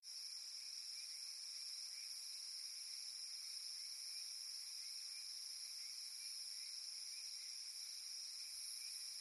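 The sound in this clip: Cicada song, a shrill continuous hum holding steady throughout.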